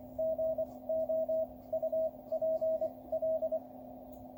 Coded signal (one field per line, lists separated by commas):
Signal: Morse code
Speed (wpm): 24 wpm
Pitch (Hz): 640 Hz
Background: radio noise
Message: GOUPL